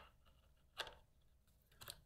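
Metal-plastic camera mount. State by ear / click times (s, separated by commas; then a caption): not seated / none. A camera's quick-release plate is handled as it is pushed back toward a Zhiyun Crane 4 gimbal/tripod quick-release mount. Two short handling knocks are heard at about 0.8 s and 1.9 s over low background noise. Nothing has seated or locked yet.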